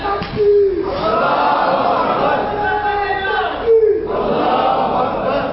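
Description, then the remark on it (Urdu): A large crowd chants slogans in unison during a Friday sermon, loud and sustained, with two rising shouted phrases separated by a brief pause as many voices surge together. “بس وہی بس جمعے کا بیان ہے, نعرے نہ لگو توجہ ہے.”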